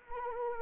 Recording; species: mosquito wingbeat signal from an infrared sensor; Anopheles arabiensis